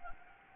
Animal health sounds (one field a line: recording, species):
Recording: mosquito wingbeat signal from an infrared sensor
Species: Anopheles gambiae